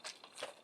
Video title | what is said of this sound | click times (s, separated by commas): Kamen Rider Saber DX FUUSOUKEN HAYATE: EmGo's Reviews N' Stuff | push forward on that release and it locks in place | 0.1 s, 0.2 s